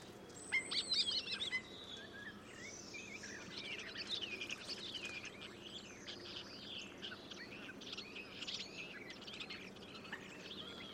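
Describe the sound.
Common starling chattering, a busy overlapping mix of whistles, squeaks and rattling notes, opening with a loud high whistled burst, then steady babbling to the end.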